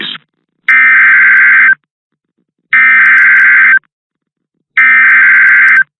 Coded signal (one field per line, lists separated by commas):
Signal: Emergency Alert System (SAME) tones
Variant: header bursts